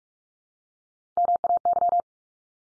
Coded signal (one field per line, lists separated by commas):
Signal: Morse code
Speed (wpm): 44 wpm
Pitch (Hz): 700 Hz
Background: none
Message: MAY